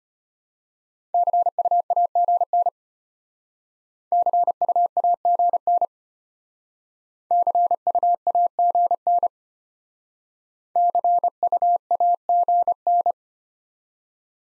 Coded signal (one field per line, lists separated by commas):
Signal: Morse code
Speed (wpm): 32 wpm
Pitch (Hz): 700 Hz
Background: none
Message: CUAGN CUAGN CUAGN CUAGN